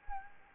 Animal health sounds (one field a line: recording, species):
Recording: mosquito wingbeat signal from an infrared sensor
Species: Anopheles arabiensis